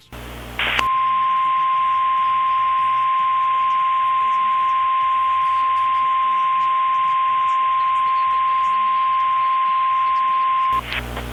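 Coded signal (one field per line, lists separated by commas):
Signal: Emergency Alert System (SAME) tones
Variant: 1050 Hz attention tone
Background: speech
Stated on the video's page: Mock EAS alert.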